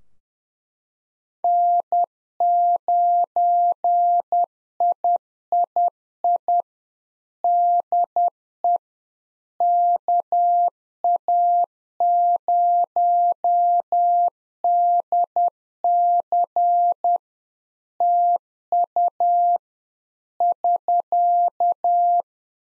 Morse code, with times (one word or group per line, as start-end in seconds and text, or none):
1.4-6.6 N9III
7.4-8.8 DE
9.6-17.2 KA0DC
18.0-19.6 TU
20.4-22.2 <SK>